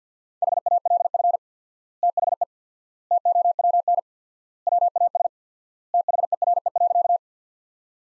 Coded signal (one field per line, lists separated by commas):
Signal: Morse code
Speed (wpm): 50 wpm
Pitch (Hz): 700 Hz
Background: none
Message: HALF THE TOWN WAS THERE.